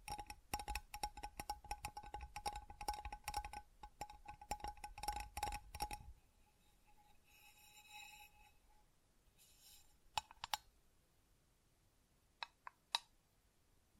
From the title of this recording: Tingly Textures Tapping and Scratching